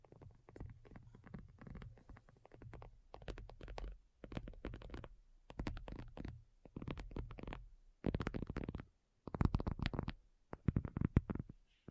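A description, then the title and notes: Rapid addictive tapping comes in dense bursts of crisp clicks with brief pauses, growing louder and sharper after eight seconds. ASMR Addictive Tapping. (No Talking).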